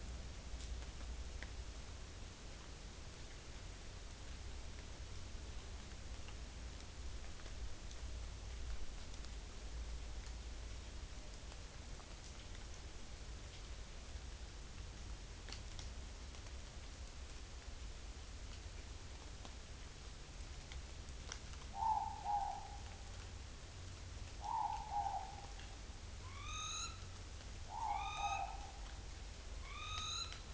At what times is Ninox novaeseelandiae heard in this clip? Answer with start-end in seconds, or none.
21.68-22.77, 24.33-25.53, 26.16-27.06, 27.65-28.75, 29.59-30.45